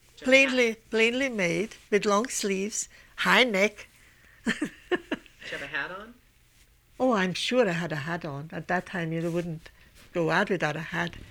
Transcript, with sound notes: Plainly, plainly made, with long sleeves, high neck. ( she laughs )
Did you have a hat on?
Oh, I'm sure I had a hat on. At that time you wouldn't go out without a hat.